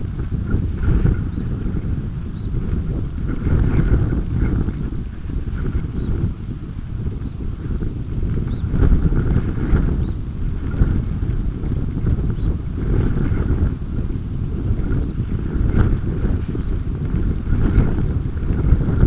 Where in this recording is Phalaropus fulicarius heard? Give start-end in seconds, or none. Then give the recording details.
1.16-1.50, 2.23-2.58, 4.58-4.86, 5.83-6.12, 7.07-7.41, 8.35-8.71, 9.89-10.23, 12.21-12.61, 14.88-15.23, 16.50-16.77, 17.54-17.91. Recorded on Arctic tundra, site UTQI-5, on 28 June 2018. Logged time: 00:00